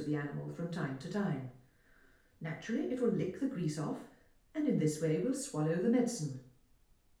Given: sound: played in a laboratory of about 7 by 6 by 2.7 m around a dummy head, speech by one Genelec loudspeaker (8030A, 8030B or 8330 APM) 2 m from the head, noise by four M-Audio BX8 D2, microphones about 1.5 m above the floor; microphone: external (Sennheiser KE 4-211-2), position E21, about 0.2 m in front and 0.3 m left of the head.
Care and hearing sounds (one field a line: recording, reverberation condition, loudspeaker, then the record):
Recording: female speech in English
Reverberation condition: medium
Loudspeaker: 120 degrees to the right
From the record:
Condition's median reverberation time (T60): about 510 ms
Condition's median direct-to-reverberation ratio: about -0.5 dB